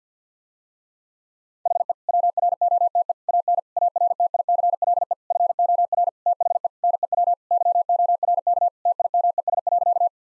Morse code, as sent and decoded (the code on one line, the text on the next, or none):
.... . / .-- .-. --- - . / .- -. / .- .-. - .. -.-. .-.. . / ..-. --- .-. / - .... . / -. . .-- / -.-- --- .-. -.- / - .. -- . ... .-.-.-
HE WROTE AN ARTICLE FOR THE NEW YORK TIMES.